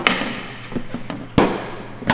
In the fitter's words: yeah that noise means it's in oh